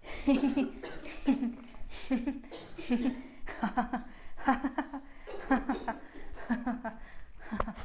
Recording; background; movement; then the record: laughter; a bystander coughing; walking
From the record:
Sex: female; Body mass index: 22.6 kg/m2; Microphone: on the chest, facing outward